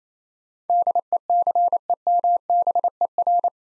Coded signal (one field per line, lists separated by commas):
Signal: Morse code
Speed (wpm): 28 wpm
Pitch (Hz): 700 Hz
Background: none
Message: DECEMBER